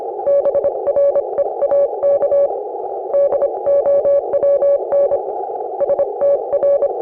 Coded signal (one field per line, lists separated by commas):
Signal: Morse code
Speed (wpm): 28 wpm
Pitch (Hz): 560 Hz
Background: none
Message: BREAK DOWN STR